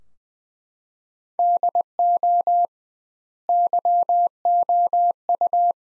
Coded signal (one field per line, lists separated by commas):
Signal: Morse code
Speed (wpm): 20 wpm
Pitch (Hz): 700 Hz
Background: none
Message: DO YOU